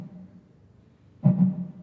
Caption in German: Das ist der Herzschlag einer Miesmuschel. Ulrike Schmitz, die Künstlerin dahinter, widmet sich dem Thema, wie nichtmenschliche Organismen miteinander kommunizieren.